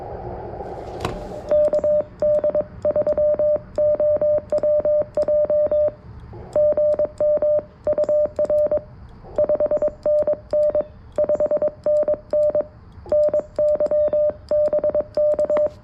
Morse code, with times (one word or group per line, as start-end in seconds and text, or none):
1.5-5.9 KD3OWJ
6.6-8.8 GMUR
9.4-10.8 5NN
11.2-12.6 5NN
13.1-15.7 NYBK